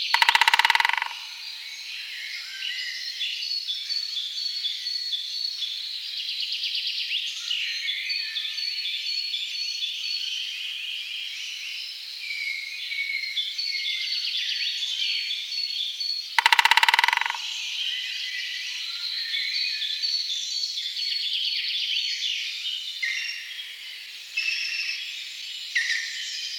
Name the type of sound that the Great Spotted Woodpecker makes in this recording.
drumming